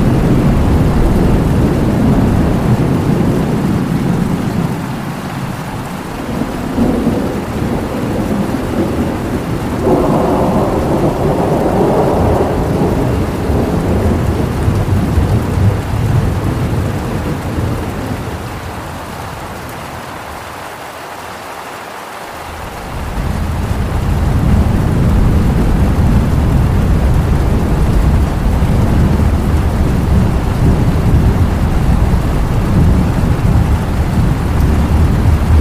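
Thunder rolls through a rainstorm, deep rumbles swelling and fading over the first half, with a brighter crack near ten seconds. Steady rain hisses throughout; the rumble eases around twenty seconds, then a heavy low roar returns and holds to the end.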